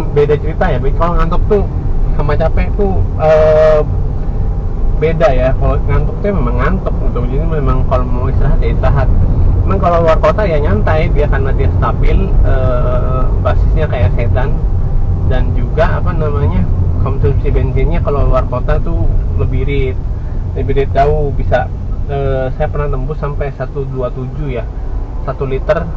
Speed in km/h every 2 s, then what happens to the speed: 30, 30, 31, 35, 33, 30, 27, 25, 22, 18, 13, 7, 7.
0-7 steady at about 30. 7-22 slows to 7.